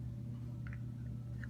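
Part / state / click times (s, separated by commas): window shade headrail into its metal mounting bracket / not seated / none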